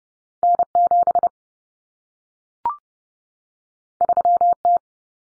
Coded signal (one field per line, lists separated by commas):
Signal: Morse code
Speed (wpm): 30 wpm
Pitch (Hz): 700 Hz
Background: none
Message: N7 3T